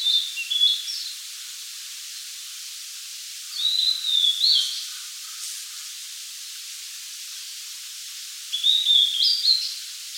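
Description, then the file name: Blue-and-white flycatcher song, three brief whistled phrases with falling and rising slurred notes, spaced about four seconds apart over steady background hiss. "Cyanoptila cyanomelana"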